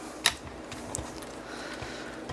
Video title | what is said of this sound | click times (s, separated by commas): TRANSFORMERS SIEGE JETFIRE REVIEW | those will lock into place just like that | 0.3 s